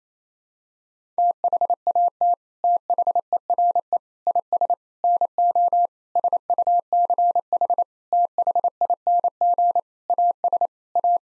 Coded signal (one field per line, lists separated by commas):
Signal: Morse code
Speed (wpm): 28 wpm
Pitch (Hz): 700 Hz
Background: none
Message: THAT THERE IS NO SUCH THING AS A